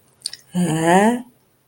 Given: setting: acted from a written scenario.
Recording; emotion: vocal sound without words; confusion